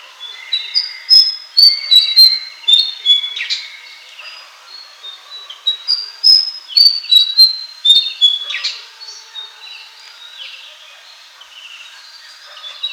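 White-throated fantail song: sharp, high tinkling whistles in quick jumbled runs, two busy bursts separated by quieter softer notes, then fading.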